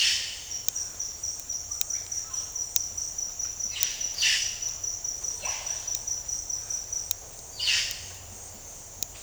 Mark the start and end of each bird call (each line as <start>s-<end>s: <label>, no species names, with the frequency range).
1.72s-2.54s: bird call (0.8-3.4 kHz)
3.70s-4.64s: bird call (1.2-5.9 kHz)
5.34s-5.88s: bird call (0.4-4.8 kHz)
7.53s-7.99s: bird call (1.5-8.0 kHz)